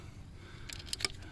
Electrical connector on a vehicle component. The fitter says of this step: just gonna kind of wiggle it you heard it pop